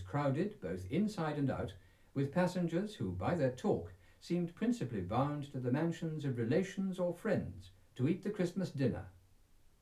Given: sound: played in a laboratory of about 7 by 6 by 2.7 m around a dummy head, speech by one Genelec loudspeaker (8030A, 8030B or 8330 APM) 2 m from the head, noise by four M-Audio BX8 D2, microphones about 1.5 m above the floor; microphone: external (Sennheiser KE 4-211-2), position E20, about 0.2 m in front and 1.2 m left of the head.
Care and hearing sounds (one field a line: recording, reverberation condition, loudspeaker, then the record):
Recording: male speech in English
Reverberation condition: low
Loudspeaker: 150 degrees to the right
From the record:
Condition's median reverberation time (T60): about 310 ms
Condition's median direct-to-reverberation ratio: about 3.5 dB